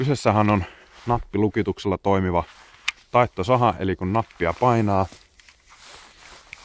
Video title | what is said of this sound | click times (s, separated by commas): Arvostelu: Bahco Laplander taittosaha - Reissussa | aukea terä joka lukittuu paikalleen | 6.5 s